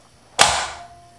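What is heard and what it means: The triggers on the back of a child bath chair (for children 32 to 50 inches tall, up to 120 pounds) are released to adjust its plastic seat-back recline, and the backrest locks back into place in its increment. A single sharp, bright snap lands at 0.4 s, followed by a ringing tail that fades over about half a second, with a faint steady tone lingering afterward. The recline latch seats at 0.4 s.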